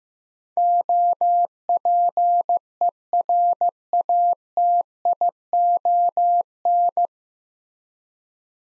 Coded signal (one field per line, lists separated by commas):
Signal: Morse code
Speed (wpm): 15 wpm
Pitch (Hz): 700 Hz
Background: none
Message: OPERATION